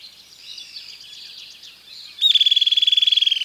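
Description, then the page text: Streak-headed woodcreeper: a fast, even trill starts suddenly after soft buzzing insect or frog chorus and runs to the end, drifting slightly lower. "Streak-headed Woodcreeper - Lepidocolaptes souleyetii. Neotropical Birds - Birds of the World"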